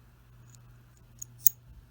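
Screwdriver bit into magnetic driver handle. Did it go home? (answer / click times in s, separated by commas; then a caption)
yes / 1.5 s. A metal precision screwdriver bit is pushed into a magnetic driver handle over a steady low hum, with a few faint ticks and a sharper tick at 1.2 s. It snaps into place at once with a bright, loud click at 1.5 s, seated.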